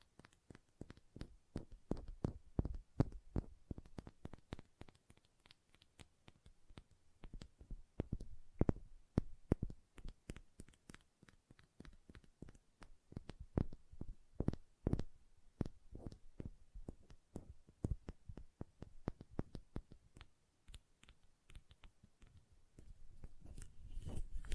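Fingernails tap in quick, sharp clicks, coming in dense irregular bursts several times a second for the whole stretch. Each tap is brief and bright with a soft low thump beneath, and the pace loosens in places before a low rubbing swell builds near the end.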